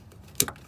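The plastic quick-connect fitting on the bottom vapor hose is pushed onto the canister purge valve port of a 2005-2009 Mustang. A sharp, bright click at 0.4 s is followed by a softer tick just after, against a quiet background. The fitting is seated.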